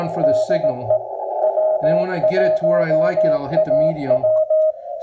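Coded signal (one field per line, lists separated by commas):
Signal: Morse code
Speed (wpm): 18 wpm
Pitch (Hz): 630 Hz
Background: speech, radio noise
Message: DE W1AW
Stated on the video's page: Older rig's CW heard through a Timewave DSP audio filter.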